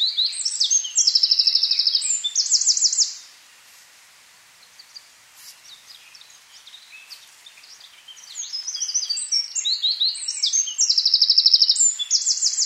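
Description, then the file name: Eurasian wren giving two loud song bursts of high twitters and rattling trills, separated by several seconds of faint bird chirps. "Troglodytes troglodytes"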